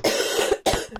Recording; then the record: coughing mixed with background sound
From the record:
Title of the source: 60 coughing still (deep and wet cough)